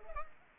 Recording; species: mosquito wingbeat signal from an infrared sensor; Culex pipiens